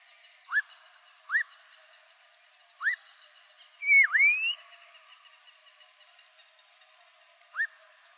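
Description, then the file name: Black-crowned monjita singing short rising whistled notes, three spread over a few seconds, then a swooping whistle that falls and climbs, with one more upslur near the end. "Canto da noivinha coroada"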